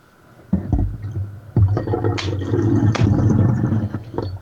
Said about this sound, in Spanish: Voy a ponerle agua a un vaso.